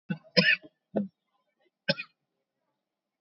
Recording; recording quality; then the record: heavy voluntary cough; excellent, no background noise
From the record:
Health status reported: COVID-19 positive, mild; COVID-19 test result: positive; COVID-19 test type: RT-PCR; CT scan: taken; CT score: 0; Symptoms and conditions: cough, cold, hypertension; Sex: male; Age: 50 years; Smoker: no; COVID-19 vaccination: one dose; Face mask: not worn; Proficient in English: yes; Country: India